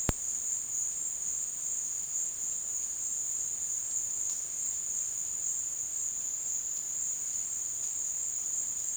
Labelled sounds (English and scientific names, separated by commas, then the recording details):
none
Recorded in dense forest near Puerto Asís, Putumayo, Colombia, on 23 June 2025 at 15:00
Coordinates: 0.466, -76.327
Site GP04